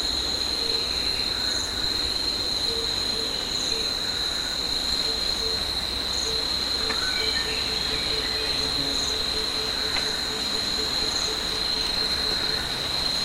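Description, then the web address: Insect chorus, a steady piercing drone with a rapid ticking pulse series and occasional short high chirps. Insects in a tropical forest. "Tom Hutchings Insects Tropical"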